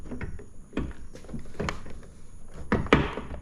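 A replacement side mirror is pressed onto the door of a 2019-2023 Toyota Corolla Hatchback so its plastic locating poles snap into their holes. Dull thumps and rustling of handling come first, then two sharp snaps at 2.7 s and 2.9 s as the pins seat. The mirror is seated, though it will not hold completely until its nuts are installed.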